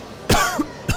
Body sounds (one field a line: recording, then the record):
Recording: coughing mixed with background sound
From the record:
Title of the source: Coughing 51